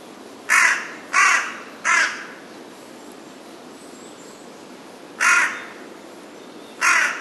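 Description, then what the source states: Carrion crow calling with three quick harsh caws, a pause, then two more separated caws. Recorded 15 May 2007.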